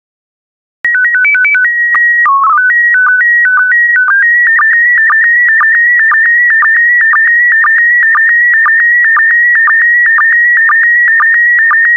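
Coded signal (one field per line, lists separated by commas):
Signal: SSTV (slow-scan television)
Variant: PD 120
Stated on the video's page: PD120-mode SSTV images generated as daily practice decoding material, with stock photos and synthetic audio prompts.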